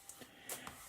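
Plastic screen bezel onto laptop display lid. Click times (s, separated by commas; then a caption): 0.1 s, 0.7 s. During a broken-LCD replacement on an HP 2000 laptop, the plastic LCD screen bezel is lined up at a top corner and pressed onto the display lid. Sharp tab clicks snap in at 0.1 s and 0.7 s, and the bezel is seated.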